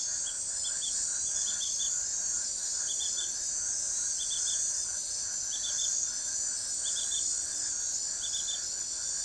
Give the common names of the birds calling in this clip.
none